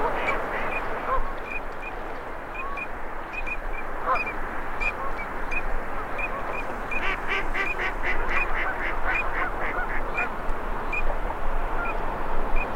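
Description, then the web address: Busy duck flock with many quick whistled notes and bursts of raspy quacking, growing denser after the middle, over low steady background noise. Male and female migratory ducks. "Male and female migratory ducks. صدای-مرغابی-های-مهاجر-نر-و-ماده"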